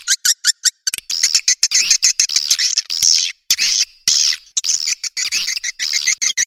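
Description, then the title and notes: Swiftlet twittering: bursts of buzzy high chirps broken by short silent gaps, about two calls a second, uneven in rhythm. From Asia, used in swiftlet farming to attract birds. "Swiflet Bird Sound. Farming Swiflet Bird asia sound"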